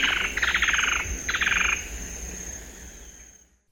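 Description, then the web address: Plain softtail song: two rapid chattering rattles, each under a second, with a brief pause between, over a steady high hiss and low rumble. Recorded in the eastern lowlands of South America. "Natures Songs S America Eastern Lowlands. Plain Softail"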